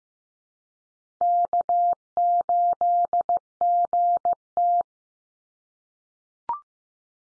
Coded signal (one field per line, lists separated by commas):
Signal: Morse code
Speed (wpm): 15 wpm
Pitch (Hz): 700 Hz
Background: none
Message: K8GT